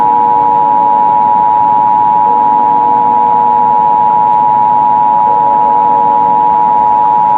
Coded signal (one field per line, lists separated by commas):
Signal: Emergency Alert System (SAME) tones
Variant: 853 and 960 Hz attention tone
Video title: EAS Scenario/Analog & Digital Horror - Sun Explosion